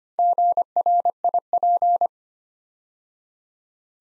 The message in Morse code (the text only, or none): GRIP